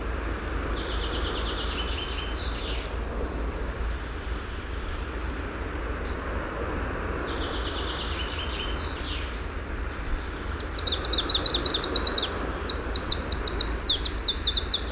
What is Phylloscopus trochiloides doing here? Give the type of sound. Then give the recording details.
song. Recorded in the wild. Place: Lohme, Insel Rügen, Mecklenburg-Vorpommern, DE. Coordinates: 54.565, 13.615. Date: 1981-06-24 07:01. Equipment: Nagra III BH, Sennheiser MD 21, parabola. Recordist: Schubert, Michael. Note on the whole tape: Spontangesang Grüner Laubsänger an der Waldhalle